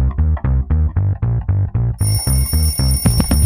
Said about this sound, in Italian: Questa sveglia, che disastro!